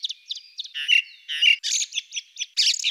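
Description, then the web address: Ring ouzel calls: a quick string of short, clipped, chattering notes, some buzzy and harsh, others thin and high, delivered in a jerky sequence with no other sounds. Recorded in Slovenia. "Turdus torquatus"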